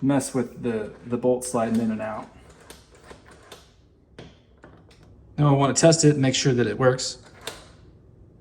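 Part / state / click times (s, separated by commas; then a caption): deadbolt bolt into door strike / seated / 7.5 s. Someone talks while testing a newly installed Kwikset deadbolt, with a few soft taps in the pause between phrases. At 7.5 s the deadbolt is turned and its metal bolt extends into the door frame strike with a single sharp clack. The deadbolt throws and locks.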